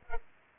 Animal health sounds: mosquito wingbeat signal from an infrared sensor; Culex pipiens

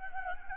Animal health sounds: mosquito wingbeat signal from an infrared sensor; Anopheles gambiae

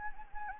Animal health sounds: mosquito wingbeat signal from an infrared sensor; Anopheles gambiae

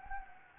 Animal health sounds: mosquito wingbeat signal from an infrared sensor; Anopheles gambiae

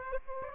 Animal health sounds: mosquito wingbeat signal from an infrared sensor; Aedes aegypti

